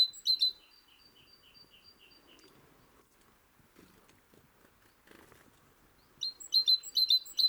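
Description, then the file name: Great tit giving a brief burst of sharp chinking notes with a trailing series of soft ticks, then faint low rustling, and another burst at the end. "Parus major"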